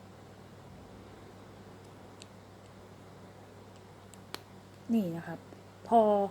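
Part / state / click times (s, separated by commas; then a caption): pod head latch on a vape pod cartridge / released / 4.3 s. A thin blade or flat screwdriver is twisted left and right in the locking slot on the second side of a plastic KS Relx vape pod to unlatch its head, with faint ticks near 2.2 s and 4.1 s. The pod head latch clicks open sharply at 4.3 s, releasing the head so it comes up by itself. Someone then talks.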